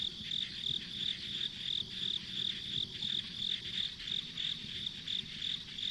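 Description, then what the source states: Insects calling with evenly spaced shrill chirps, about three per second, layered over a continuous high hum and soft low background noise. Insects as ambient sound on a rural country road.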